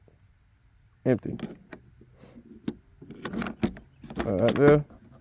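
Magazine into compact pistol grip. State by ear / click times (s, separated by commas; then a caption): not seated / none. A loaded polymer/steel pistol magazine is handled at the grip of a Taurus G2C compact handgun while someone talks. Short handling clicks and taps are heard around 1.7, 2.7, 3.3 and 3.6 seconds. The magazine has not yet latched into the grip and nothing has seated or clicked in.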